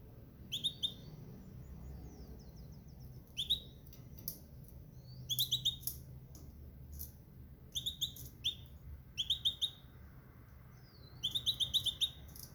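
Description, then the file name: Canary giving short bursts of high, sharp chirps and brief trills every one to three seconds over a steady low hum. "Gomez Juan biofonia canto canario"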